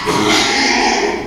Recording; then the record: squeal of a Yucatan mini pig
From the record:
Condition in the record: after surgery on the right vocal fold (resection and tissue-engineered implant); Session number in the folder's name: 2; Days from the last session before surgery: 13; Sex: male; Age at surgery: 12 weeks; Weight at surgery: 13 kg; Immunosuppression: cyclosporine, prednisolone